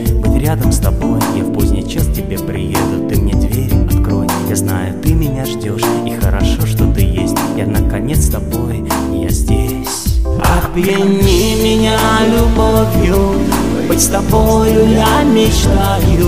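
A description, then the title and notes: Music plays without pause at a wedding party in Danang, Vietnam, loud and dense with a strong low end and sustained tones. Around the ten-second mark it thins briefly, then returns brighter, with a shimmering upper layer added for the rest. Wedding Party Danang Vietnam.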